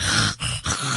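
A human imitation of a dog's reverse sneeze: three rough, snorting, vibrating bursts in about one second, with brief gaps between them. It is made on the inhale, as if air is pulled hard in through the nostrils, not a true cough. The dog looks stiff, neck stretched out, like an asthma attack, with no gag or retching after. It passes within minutes, though often mistaken for an emergency.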